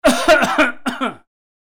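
A rapid run of about six short, voiced coughs from an adult over roughly one second: four close together, a brief pause, then two more. Each cough has a harsh, throaty quality. This is a plain coughing fit.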